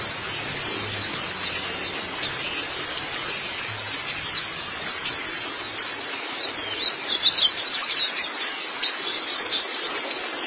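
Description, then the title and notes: White-eye song: a dense, continuous stream of very high, rapid twittering notes with quick up-and-down sweeps, steady throughout with a faint low hum beneath. "Suara kicauan burung pleci"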